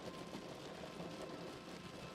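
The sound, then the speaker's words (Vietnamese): Steady rain falls outdoors without a break, with gusts of cold wind, a soft, even hiss of drops across a broad range, with no voices and no distinct individual drips standing out. “Ngoài trời mưa vẫn chưa ngớt, từng đợt gió lạnh thổi từ ngoài vào phòng.”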